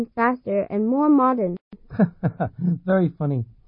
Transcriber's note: laughing a bit